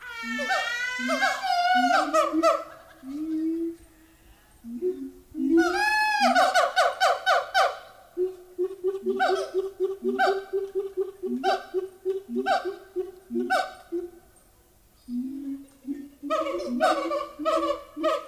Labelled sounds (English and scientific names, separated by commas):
Siamang (Symphalangus syndactylus)